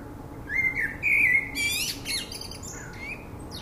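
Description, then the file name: Common blackbird singing a rich fluting whistled phrase that slides and wavers, followed by thin squeaky twittering notes. "Turdus merula"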